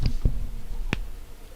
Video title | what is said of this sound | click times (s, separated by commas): Blokees Mystery Build | And I don't know if you can hear it, but it has a nice little click. | 0.9 s